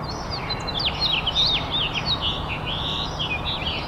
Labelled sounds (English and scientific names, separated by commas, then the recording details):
House Finch (Haemorhous mexicanus) song
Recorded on Long Island, New York, on 8 April 2011
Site BN
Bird B